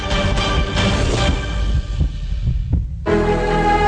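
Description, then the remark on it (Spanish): Low, throbbing heartbeat thumps pulse beneath a dense, sustained musical bed; the sound dips briefly near the end before the full texture swells back in. “Marca en tu lista de canales de radio el Canal 106 y descubre la Radio del Sur, porque en tu CanTV satelital también suena los latidos de la patria grande.”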